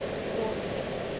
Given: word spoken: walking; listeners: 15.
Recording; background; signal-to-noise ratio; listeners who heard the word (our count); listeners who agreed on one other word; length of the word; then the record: one English word in noise, from a listening test; speech-shaped noise; -6.5 dB; 2 of 15; 7 of 15; 0.80 s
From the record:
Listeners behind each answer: 7, 2, 1, 1, 1, 1, 1, 1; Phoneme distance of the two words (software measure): 27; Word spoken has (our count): 2 syllables, 5 phonemes, stress on syllable 1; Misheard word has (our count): 2 syllables, 4 phonemes, stress on syllable 1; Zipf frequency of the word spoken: 4.92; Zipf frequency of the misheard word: 5.53